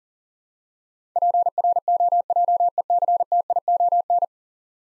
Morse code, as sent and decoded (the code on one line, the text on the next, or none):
.--. .-. --- .--- . -.-. - .. --- -.
PROJECTION